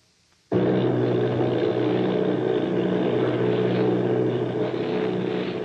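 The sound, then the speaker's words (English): A heavy, steady drone of the engines of eight Army bombing planes off Bayonne, New Jersey, starts abruptly after a brief silence and holds loud and constant, with a low throbbing propeller hum and broad rumbling noise. “Army bombing plane V-843 off Bayonne, New Jersey. Lieutenant Volt commanding eight bombers, reporting to Commander Fairfax Langham Field.”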